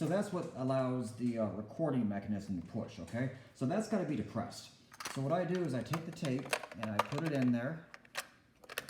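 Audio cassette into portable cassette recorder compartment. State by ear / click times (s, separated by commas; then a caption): seated / 8.8 s, 8.9 s. A man talks while putting an audio cassette into the tape compartment of a Panasonic RQ-711S portable cassette recorder, holding the small record tab pressed down so the recording mechanism can engage. After a few faint handling taps, he pushes the cassette in and it clicks into place with sharp clicks at 8.8 s and 8.9 s, seating the tape.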